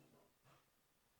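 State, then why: Not seated. A plastic number two length guard (comb) is placed over the blade of a GLAKER cordless professional hair clipper and lined up before being pushed on. Quiet, low handling noise is heard, with a brief soft swell around 0.5 seconds. The guard has not snapped into place yet.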